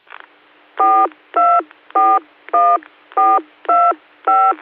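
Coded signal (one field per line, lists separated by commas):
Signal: DTMF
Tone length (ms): 260 ms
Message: 4241425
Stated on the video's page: DTMF macro programmed on Baofeng radios by a jammer, transmitted over a repeater during a weekly net.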